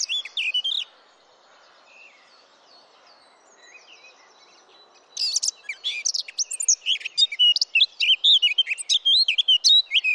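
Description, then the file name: Eurasian blackcap song: a brief rich warbled phrase, a pause of about four seconds, then a long rapid run of fluty, scratchy warbling notes to the end. "Sylvia atricapilla"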